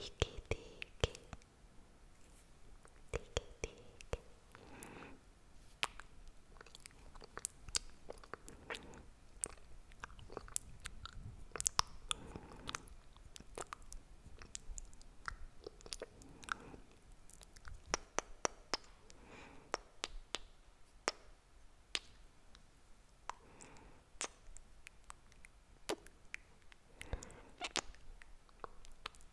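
Wet mouth sounds fill the recording: quick lip smacks, clicks and kissing pops scattered irregularly throughout, with soft breathy murmuring swelling in and out between them. The clicks are sharp and bright against a quiet, low-level background.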